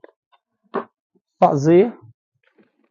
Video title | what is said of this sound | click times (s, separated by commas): Cálculo de autonomia de ar. | e vai puxar ele até fazer o cliquez aqui fazendo clique aí você percebe que o seu equipamento ele está preso tá | 0.8 s